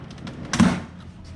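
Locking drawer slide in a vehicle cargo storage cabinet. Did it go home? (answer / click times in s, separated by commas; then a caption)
yes / 0.5 s. A lever is pressed down on a 30-inch locking drawer slide under the wooden cargo platform of a storage cabinet in a Jeep Commander, and the stove tray is pulled out. A faint tap at 0.3 s precedes a sharp, bright latch click at 0.5 s, followed by a brief rattling tail. The slide locks in its extended position.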